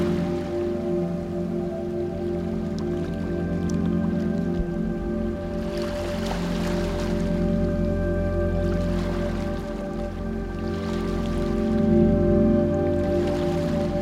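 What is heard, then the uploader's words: Gentle waves lap at the shore with soft swells arriving every few seconds, around the 6, 9 and 12 second marks, over a steady low wash. Light rainfall patters throughout, and sustained mellow tones hum underneath like held piano notes. The soothing sounds of rainfall, gentle waves lapping at the shore, and the tranquil melodies of peaceful piano music.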